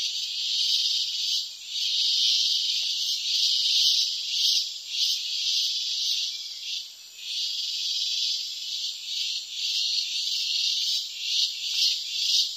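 Cicada singing, a loud continuous sizzling buzz with uneven swells and short dips.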